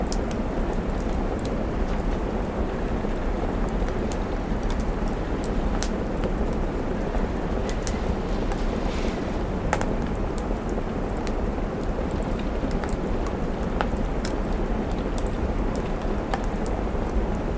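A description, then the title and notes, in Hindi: Soft autumn rain patters steadily on a window over a deep, constant low rumble, with scattered sharp drips and fireplace crackles throughout. कोज़ी फ़ायरप्लेस | Autumn Rain पर Window.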